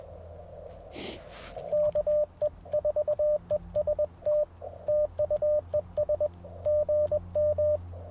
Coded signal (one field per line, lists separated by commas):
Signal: Morse code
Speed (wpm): 20 wpm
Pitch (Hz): 590 Hz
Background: radio noise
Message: KE4EST TU ES GM